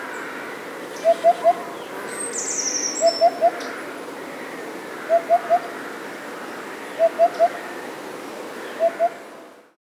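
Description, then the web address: Eurasian hoopoe song, low hollow three-note hoots repeated roughly every two seconds, five phrases, last one two-noted. "Hoopoe"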